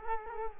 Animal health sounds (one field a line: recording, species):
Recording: mosquito wingbeat signal from an infrared sensor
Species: Culex quinquefasciatus